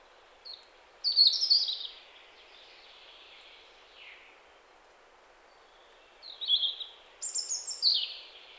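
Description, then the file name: European robin: a high, bright descending warble, a lull, then two more short trilling phrases of thin, sweet notes. "Erithacus rubecula"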